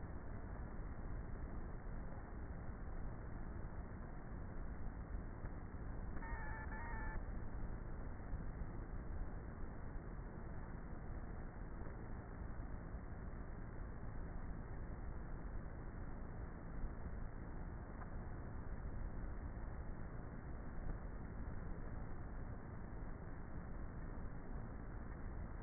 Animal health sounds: honeybee colony, microphone inside the hive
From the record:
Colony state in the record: queenless with a low population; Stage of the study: before two queens were removed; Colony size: about 30,000 bees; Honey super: no

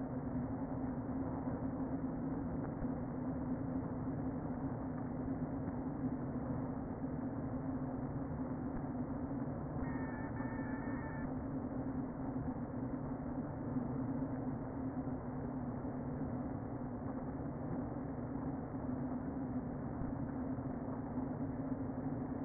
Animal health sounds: honeybee colony, microphone inside the hive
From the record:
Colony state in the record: queen present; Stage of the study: before two queens were removed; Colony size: about 60,000 bees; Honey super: yes

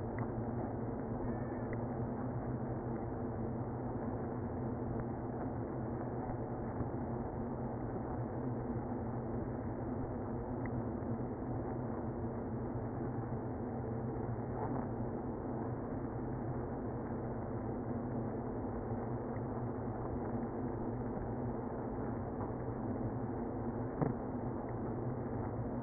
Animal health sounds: honeybee colony, microphone inside the hive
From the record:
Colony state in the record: queenless (queen removed); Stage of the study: after two queens were removed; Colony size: about 60,000 bees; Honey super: yes

